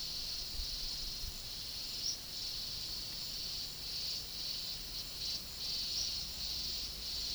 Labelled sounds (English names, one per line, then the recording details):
none
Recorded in pastures near Puerto Asís, Putumayo, Colombia, on 20 February 2024 at 10:00
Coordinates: 0.486, -76.323
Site G6462